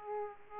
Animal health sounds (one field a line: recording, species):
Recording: mosquito wingbeat signal from an infrared sensor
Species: Aedes aegypti